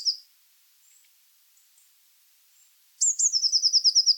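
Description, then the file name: Eurasian blue tit song: a brief high note at the start, a pause, then two sharp high notes running into a long fast trill. "Cyanistes caeruleus"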